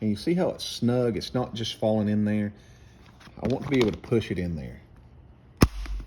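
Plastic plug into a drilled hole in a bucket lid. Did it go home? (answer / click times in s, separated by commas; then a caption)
yes / 5.6 s. Someone talks while a snug-fitting plastic tent plug is pushed into a freshly drilled hole in a plastic bee feeder bucket lid. A sharp snap is heard at 5.6 s as the plug seats, sealing the hole.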